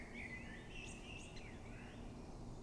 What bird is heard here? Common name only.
Great Spotted Woodpecker